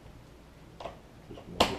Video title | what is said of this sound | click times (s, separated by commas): iRobot 650 Battery Replacement how to | getting it back on and snapped in place | 1.6 s